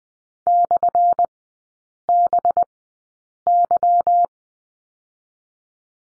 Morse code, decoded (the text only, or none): /BY